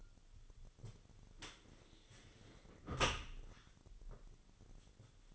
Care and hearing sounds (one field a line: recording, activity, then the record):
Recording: daily activity, microphone in the room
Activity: close dishwasher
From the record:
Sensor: 4